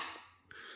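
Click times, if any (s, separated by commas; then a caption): 0.5 s. After floor cleaning liquid is poured in, the lid of the plastic cleaning solution container on a Roborock Qrevo Edge C robot vacuum dock is pressed down. It gives a sharp click at 0.5 s, and the lid is now locked. A steady broadband hiss continues around it.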